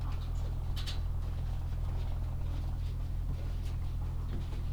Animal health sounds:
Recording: poultry house recording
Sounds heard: sick chickens (respiratory disease)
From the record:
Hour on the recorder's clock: 18

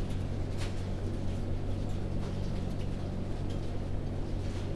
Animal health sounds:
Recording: poultry house recording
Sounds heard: no chicken sound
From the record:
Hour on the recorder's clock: 19

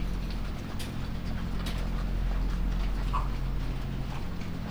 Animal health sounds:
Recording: poultry house recording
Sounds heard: sick chickens (respiratory disease)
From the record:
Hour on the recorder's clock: 2

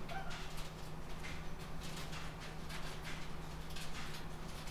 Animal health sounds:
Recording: poultry house recording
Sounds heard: sick chickens (respiratory disease)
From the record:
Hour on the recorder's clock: 12

